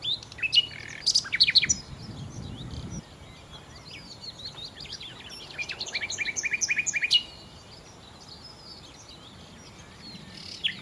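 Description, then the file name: Common nightingale song with loud varied phrases at the start, a low rumbling noise, then a quick rattling trill of repeated notes, with quieter chirps between. "Nachtigall"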